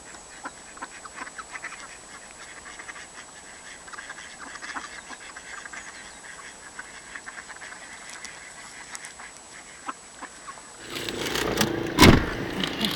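Park ducks quack and squabble over thrown bread, with gulls swooping in to steal it and the ducks trying to chase them off, in a busy, overlapping chorus of short calls that builds into a louder flurry of flapping and harsh quacks near the end, with no talking.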